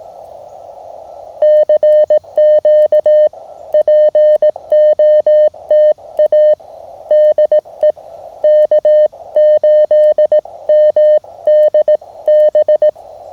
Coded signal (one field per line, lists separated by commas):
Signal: Morse code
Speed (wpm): 18 wpm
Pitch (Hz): 610 Hz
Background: none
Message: CQ POTA DE K8MDB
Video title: October Portable Field Radio Kit Challenge POTA CW Morse Code Ham Radio Steve Weber MTR practice